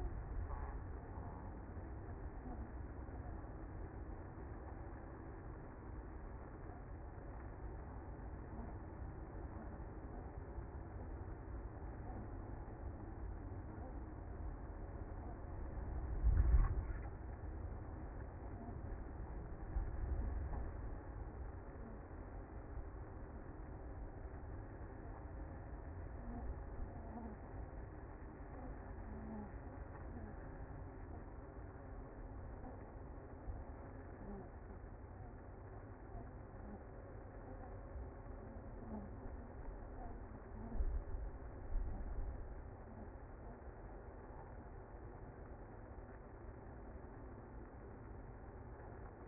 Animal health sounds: honeybee colony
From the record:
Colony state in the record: active

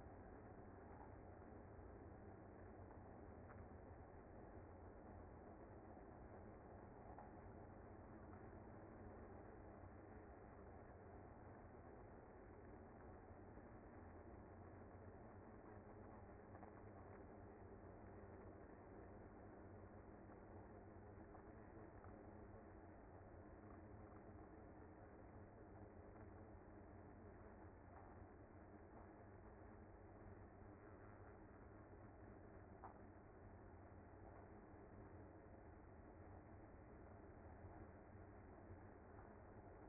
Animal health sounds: honeybee colony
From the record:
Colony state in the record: active

